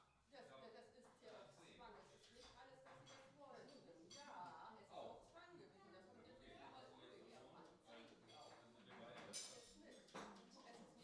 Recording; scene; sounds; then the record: everyday scene through a hearing-aid microphone; many people talking; many voices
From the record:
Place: parish hall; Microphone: in the ear canal, left